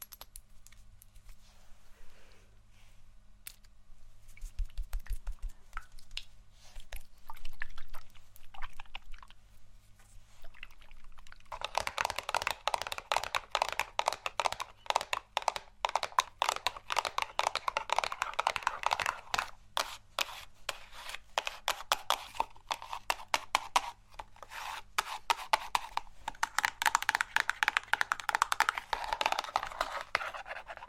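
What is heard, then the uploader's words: ASMR triggers: sparse soft clicks and taps for about eleven seconds, then dense, crackly tapping and scratching that continues steadily to the end. ASMR Assortment Of Relaxing RED Triggers.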